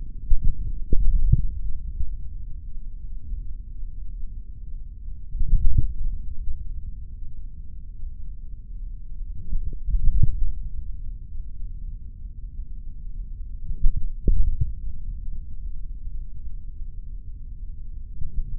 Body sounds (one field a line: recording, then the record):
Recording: forearm muscle sounds (acoustic myography)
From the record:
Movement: index flexion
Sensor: system 3, bracelet of six PUI Audio POM-2738L microphones around the upper forearm, with dedicated amplification and filtering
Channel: 6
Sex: male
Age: 26 years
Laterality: right